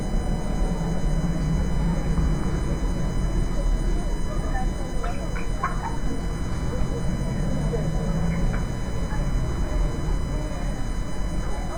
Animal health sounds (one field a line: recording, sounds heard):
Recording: poultry house recording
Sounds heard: healthy chickens